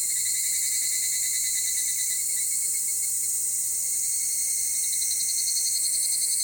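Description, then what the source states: Dense insect chorus of overlapping high, shimmering trills and a steady ringing tone, continuous throughout with faint rhythmic pulsing toward the end. Summer insect ambience recorded at Takao, in stereo.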